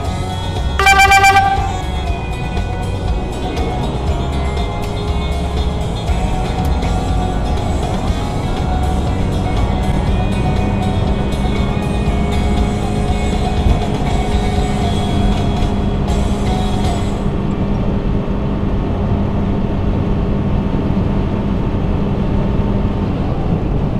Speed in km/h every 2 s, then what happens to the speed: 114, 118, 124, 132, 137, 142, 148, 153, 156, 161, 164, 166.
0-24 speeds up to 166.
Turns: none.